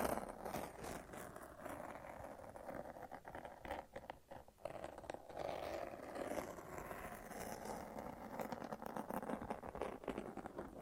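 Sticky tape or a lint roller peels and crackles almost without pause, a dense, rasping stream full of quick snaps. The sound stays fairly even in loudness, easing briefly around four seconds before the crackling resumes, with a low, steady rumble beneath it.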